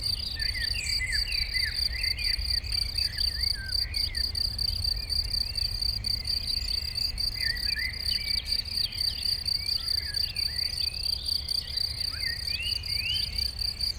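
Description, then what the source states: Crickets keep up a shrill, evenly pulsed trill, with many short bird chirps and whistles layered over a faint low traffic rumble. Chorus of crickets in a sunny west-facing sloping meadow at Chindrieux, France, with birdsong from surrounding trees and traffic noise from a nearby road.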